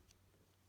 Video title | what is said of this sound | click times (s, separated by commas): Choujin Sentai Jetman Super Minipla Jet Icarus Review | until they kind of click into place like that. | 0.1 s